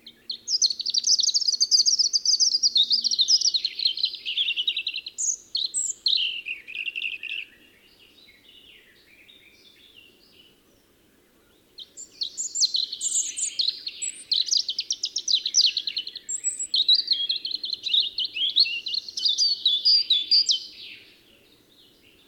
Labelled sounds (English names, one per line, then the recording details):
European Robin song
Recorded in the wild
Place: Lütow, Insel Usedom, Mecklenburg-Vorpommern, DE
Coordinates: 54.032, 13.888
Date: 1975-06-13 04:10
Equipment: Nagra III BH, Sennheiser MD 21, parabola
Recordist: Schubert, Michael